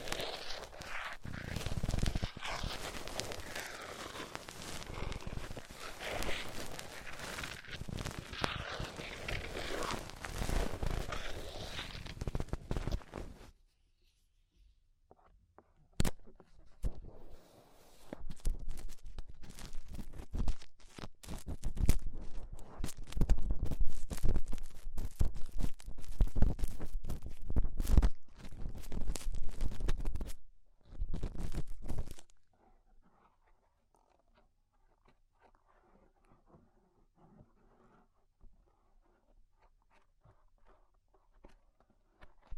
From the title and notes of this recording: ASMR Tingly Ear Cleaning Rhinestone & Clay Removal (No Talking).